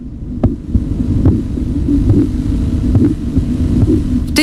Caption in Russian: При сдавливании руки с помощью манжеты Рива Рочи возникают характерные чередующиеся звуки. На артерию ниже манжеты нужно поместить стетоскоп. Когда артерия пережата, ничего не слышно, но по мере падения давления в манжете появляется похлопывающий звук.